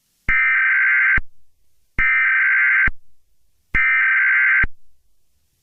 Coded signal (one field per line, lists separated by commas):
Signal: Emergency Alert System (SAME) tones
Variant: header bursts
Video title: The Dark Forest Brightens - An Alien EAS Scenario